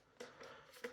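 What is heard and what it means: The stock of a Specna Arms SA-FX01 Flex AR-9 Hal ETU edition airsoft gun is fitted onto the buffer tube at the rear, and its tab is pulled down to lock it. Two sharp clicks are heard at 0.2 s and 0.8 s. The stock locks on and is seated.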